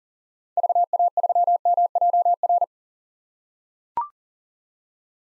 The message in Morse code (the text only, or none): VA3MJR